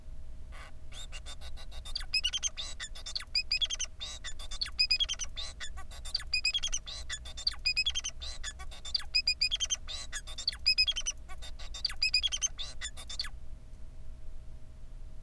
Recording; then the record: song of a male Bengalese finch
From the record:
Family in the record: son of father 4